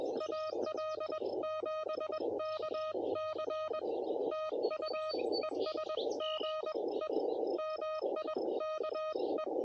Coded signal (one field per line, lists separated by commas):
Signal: Morse code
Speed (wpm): 21 wpm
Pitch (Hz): 1250 Hz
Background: none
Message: AL7KC TU ES GE MIKE